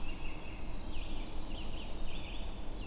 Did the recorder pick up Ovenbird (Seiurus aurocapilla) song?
no